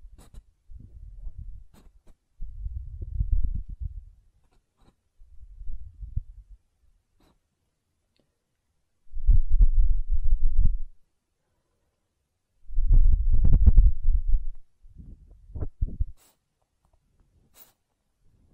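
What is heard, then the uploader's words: Ear cleaning and blowing: low, muffled rushing bursts come in irregular gusts, strongest near ten and thirteen seconds, with faint clicks between. ASMR Ear Cleaning and Blowing (No Talking).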